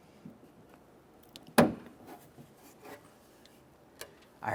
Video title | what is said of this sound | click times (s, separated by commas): How to Replace Door Lock Actuators 2011-2020 Toyota Sienna | heard an audible click as I was pushing that in now we'll just take that yellow connector and lock it down | 1.6 s